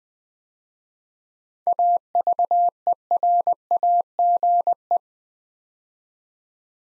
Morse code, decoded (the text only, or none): AVERAGE